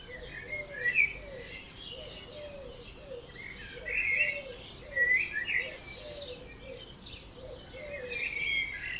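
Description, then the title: Birds singing at dawn, bright chirps and short whistled phrases from several birds, with low wavering notes repeating underneath. Dawn chorus recorded at 4am in Oberhofen, Inntal, Austria; binaural recording. "Birds Oberhofen Inntal Austria - 4am - binaural version"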